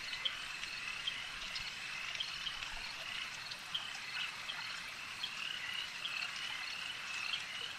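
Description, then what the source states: Insects giving a continuous shrill buzz, an even chorus flecked with quick ticks and chirps. An insect swarm.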